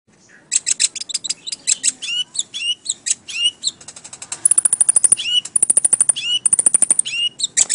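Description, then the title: Oriental magpie-robin singing a fast, varied sequence of clear whistles and slurred notes, shifting into rapid high rattling trills repeated in short bursts. "Kicau Kacer"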